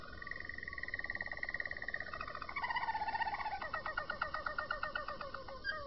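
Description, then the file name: Roller canary song, a sustained note breaking into rapid rhythmic rolling trills, pulses repeated several times a second. "kenari-roller-v 4-omkicau"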